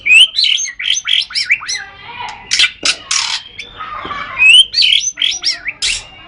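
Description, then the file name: White-rumped shama song of bright rising whistles and scratchy, noisy bursts, alternating quickly and repeating a similar rising whistle about four seconds apart. "kicau murai batu matrix pawang bc lhokseumawe"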